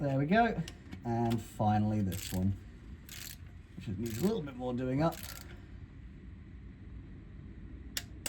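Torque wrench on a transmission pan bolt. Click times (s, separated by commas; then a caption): 8.0 s, 8.3 s. Someone talks while a torque wrench tightens the final bolt on a transmission pan, the one that needs more tightening. After a stretch of quiet ratcheting, the wrench gives two sharp clicks at 8.0 s and 8.3 s, confirming the bolt has reached its torque setting.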